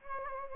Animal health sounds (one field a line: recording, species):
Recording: mosquito wingbeat signal from an infrared sensor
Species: Anopheles gambiae